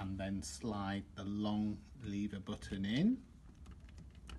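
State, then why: Seated. Someone talks as a long plastic lever button is slid into a cassette blind's cord spool, swapped in for the short button so it holds the spool more securely. Faint ticks follow, then a sharper click at 4.3 s as the button snaps into place, seated.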